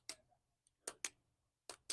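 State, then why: Torque reached. An adjustable open-end torque wrench for HVAC flare fittings, set by screwing the handle up or down and locking it, is loaded until its head breaks over with a sharp metallic click at 1.1 s, showing that it has reached its set torque. Other short, bright ticks are heard at about 0.1, 0.9, 1.7 and 1.9 s, with near silence between them.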